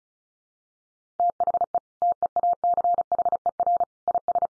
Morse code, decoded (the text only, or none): THE TEACHER IS